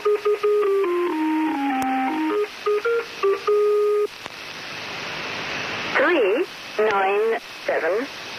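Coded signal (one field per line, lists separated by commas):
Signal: numbers station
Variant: Lincolnshire Poacher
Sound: a short electronic folk-tune melody of steady notes, then static hiss, then warbling gliding tones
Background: radio static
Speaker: each broadcast began with a snippet of a song followed by a woman's voice reading out sets of five [Music] numbers 3 9 7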